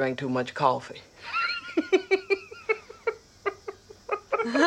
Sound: soundbite of laughter

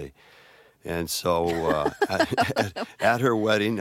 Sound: laughter

